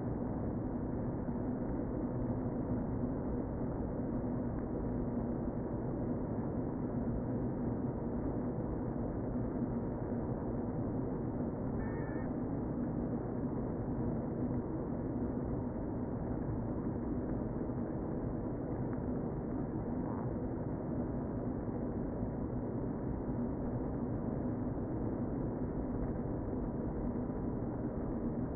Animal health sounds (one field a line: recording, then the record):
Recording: honeybee colony, microphone inside the hive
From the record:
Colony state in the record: queen present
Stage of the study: before two queens were removed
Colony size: about 60,000 bees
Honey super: yes